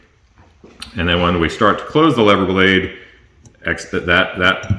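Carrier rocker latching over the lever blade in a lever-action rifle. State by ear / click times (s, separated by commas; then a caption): seated / 0.8 s. The lever of a lever-action rifle is opened nearly fully, and the spring-loaded steel rocker on the carrier snaps over the front edge of the lever blade with a short, sharp snap at 0.8 s. The rocker latches over the blade, and then someone talks.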